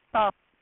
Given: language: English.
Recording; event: throat vibration sensor signal played as sound; speech